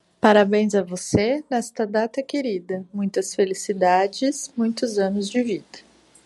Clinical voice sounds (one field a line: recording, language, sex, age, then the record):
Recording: short text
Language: Brazilian Portuguese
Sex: female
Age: 40 to 49 years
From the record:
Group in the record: control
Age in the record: 43 years